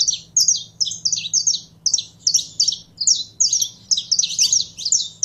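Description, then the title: Belgian canary singing a fast series of sharp high chirps grouped in short bursts about every half second, with a faint low hum behind. Pure-bred Belgian canary singing. "Canto Do Canário Belga Puro"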